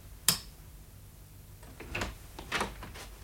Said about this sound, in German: Und die Tür ist auf. Bitte gehen Sie.